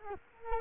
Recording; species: mosquito wingbeat signal from an infrared sensor; Culex quinquefasciatus